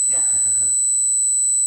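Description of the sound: Steady high-pitched whistle with fainter higher and lower tones and a low hum, briefly overlaid by voices at the start and end; simulated tinnitus.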